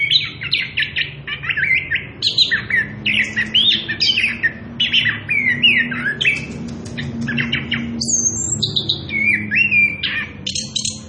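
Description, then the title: Orange-headed thrush song: a fast, unbroken run of varied whistled and trilled phrases, many rising or falling sharply, with a low steady hum underneath. Singing prolifically (gacor) with continuous rolling 'ngerol edan' song; used as a lure (pancingan) and tutor (masteran) for young birds (trotolan). "Anis Kembang Gacor. pancingan anis kembang ngerol edan masteran trotolan"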